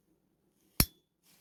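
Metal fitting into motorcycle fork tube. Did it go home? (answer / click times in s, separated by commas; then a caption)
yes / 0.8 s. A metal fitting is pushed into a motorcycle fork tube during fork reassembly. A single sharp metallic click sounds at 0.8 s and rings briefly over near silence, with a faint rustle near the end. The fitting is seated in place.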